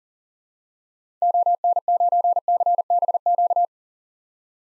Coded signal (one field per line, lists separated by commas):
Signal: Morse code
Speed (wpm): 38 wpm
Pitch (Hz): 700 Hz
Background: none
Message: ON9CBQ